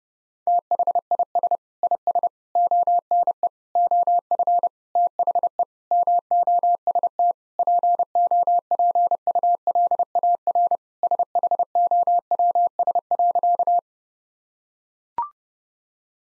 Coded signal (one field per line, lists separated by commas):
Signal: Morse code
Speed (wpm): 30 wpm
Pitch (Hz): 700 Hz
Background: none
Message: THIS IS ONE OF THE MOST POPULAR SHOWS.